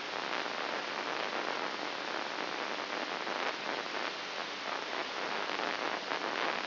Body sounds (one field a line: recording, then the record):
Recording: brain microelectrode recording played as sound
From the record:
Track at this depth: inside the subthalamic nucleus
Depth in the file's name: 4.402 mm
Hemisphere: right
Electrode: 2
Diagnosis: Parkinson's disease